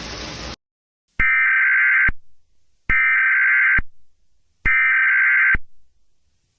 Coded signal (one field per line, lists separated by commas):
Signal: Emergency Alert System (SAME) tones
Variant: header bursts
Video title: Eas Scenario: The Dog! (part 2)